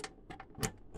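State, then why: Seated. A white wire's connector is slid onto an electrical terminal while assembling a 2022 Harbor Freight 3-1/2 cubic ft. cement mixer. A few faint ticks at 0.0, 0.3 and 0.4 s lead up to the loudest, sharp snap at 0.7 s. The connector seats firmly onto the terminal.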